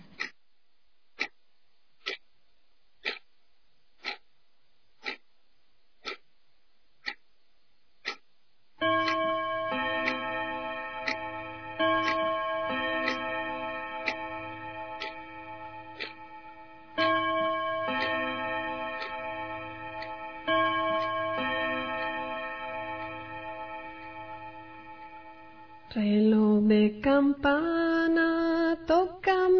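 A clock ticks steadily on its own, about ten crisp, evenly spaced ticks, before sustained instrumental music swells in and continues to the end.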